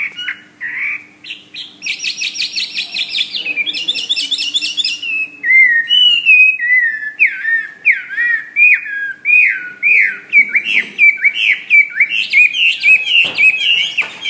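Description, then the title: Bird song with a few whistles, then a dense buzzy trill, then a long quick series of whistled up-and-down notes. "SuaraBurung Kicau"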